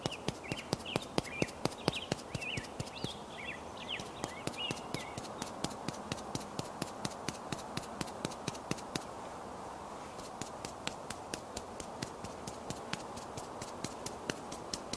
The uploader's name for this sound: Doing Your Makeup Outside on a Sunny Day